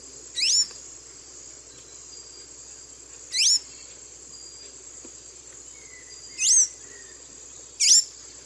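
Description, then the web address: Blue-gray tanager uttering four separate thin, squeaky upslurred notes with pauses between, over a constant high-pitched insect hum. Eastern lowlands of South America; part of a nature sounds collection. "ENTER Science Biology Natures Songs S America Eastern Lowlands Blue-gray Tanager"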